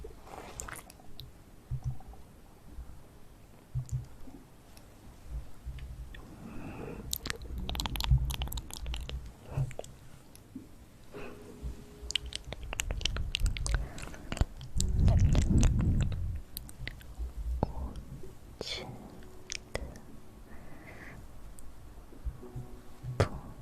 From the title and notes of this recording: ASMR Hand Sounds & Movements, Mouth Sounds.